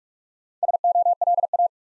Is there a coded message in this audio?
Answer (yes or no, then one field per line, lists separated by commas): yes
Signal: Morse code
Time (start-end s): 0.6-1.7 s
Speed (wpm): 44 wpm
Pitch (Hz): 700 Hz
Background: none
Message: SOLA